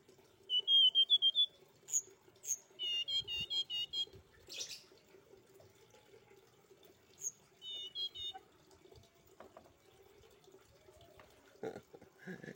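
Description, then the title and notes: Streaked spiderhunter giving a few short rapid series of high sharp notes, with scattered clicks and noises and a faint low hum. Bird singing actively (gacor) with a clear, long song; masteran training recording for cage birds. "Pijantung Gunung Gacor Jernih Panjang. Masteran burung"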